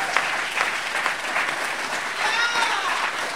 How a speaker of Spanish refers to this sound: ¿Cuánto le da un aplauso al Señor?